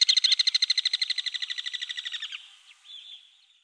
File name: rondone maggiore